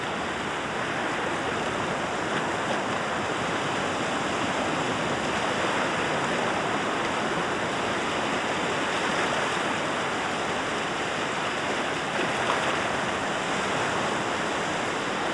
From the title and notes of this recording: Moody Lake Michigan Day at Leelanau State Park. A constant mist has enveloped this region, identified as northern Michigan, since the dawn of a new earth year. Microphone(s): Audio Technica BP 4025.